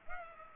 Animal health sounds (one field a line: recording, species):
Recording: mosquito wingbeat signal from an infrared sensor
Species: Culex pipiens